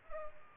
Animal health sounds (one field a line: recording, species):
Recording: mosquito wingbeat signal from an infrared sensor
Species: Culex pipiens